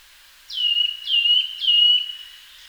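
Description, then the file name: Eurasian nuthatch calls: three clear whistled notes, each sliding sharply down then held level, given about every half second in quiet surroundings. "Sitta europaea"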